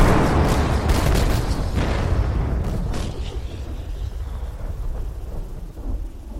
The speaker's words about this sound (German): In die Tipis schlagen Kanonenkugeln ein.